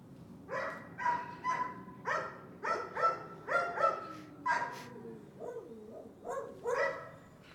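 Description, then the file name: Dog barking in a long, irregular series of hoarse barks. More than one dog barking. "17-Dogs barking"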